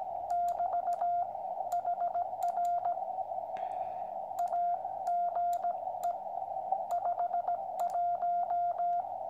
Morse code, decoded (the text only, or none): <BT> HR AGE 51